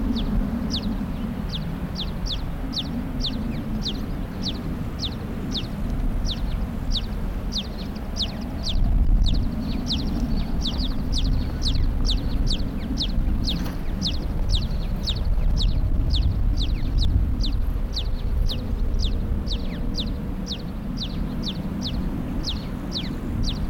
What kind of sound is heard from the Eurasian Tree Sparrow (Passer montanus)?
call